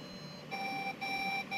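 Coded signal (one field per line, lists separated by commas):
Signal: beep code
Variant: desktop motherboard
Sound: repeating steady beeps, each about 0.4 s with short gaps; two full, third cut off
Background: faint room hum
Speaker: bip sesi ya romdan kaynaklanıyor olabilir ya da bia'sı kötü olabilir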